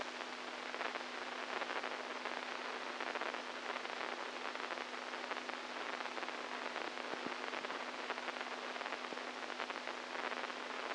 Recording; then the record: brain microelectrode recording played as sound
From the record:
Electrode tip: inside the subthalamic nucleus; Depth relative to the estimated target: -4 mm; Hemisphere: right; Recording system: NeuroSet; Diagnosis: Parkinson's disease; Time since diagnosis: 10 years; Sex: male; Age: 65 years